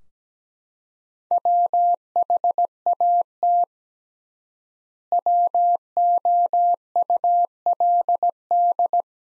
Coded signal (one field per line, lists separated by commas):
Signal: Morse code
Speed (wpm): 17 wpm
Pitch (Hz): 700 Hz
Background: none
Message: WHAT WOULD